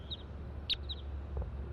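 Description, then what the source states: Crossbill calls: a few faint, short, sharp chip notes spaced irregularly, over a low steady background hum. Wild bird, microphone pointed at it, near a net at about 7:20; a flock of seven, eight or more wild crossbills in the treetops.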